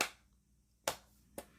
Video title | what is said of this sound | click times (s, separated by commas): Dengduoduo for iPhone 15 Plus Case Unboxing & First Impressions | and everything clicks into place | 0.0 s, 0.9 s, 1.4 s